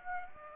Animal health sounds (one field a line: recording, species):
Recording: mosquito wingbeat signal from an infrared sensor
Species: Aedes aegypti